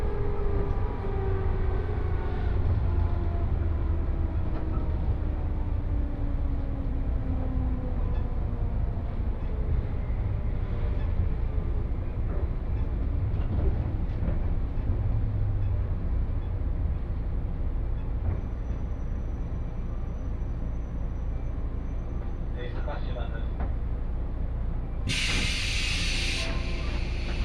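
Inside a train on the line heading toward Saidaiji, a steady low rumble fills the cabin, with a falling whine in the first seconds as the train moves. Faint voices and clicks come through, and a brief bright hiss bursts out near the end.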